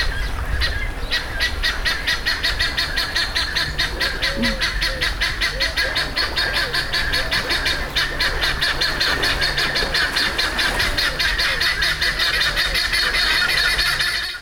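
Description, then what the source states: Birds producing rapid, harsh squawking notes repeated throughout, loud and continuous, with a faint low drone beneath. In a zoo.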